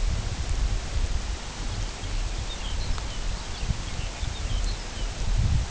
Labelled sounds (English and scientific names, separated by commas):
Lapland Longspur (Calcarius lapponicus)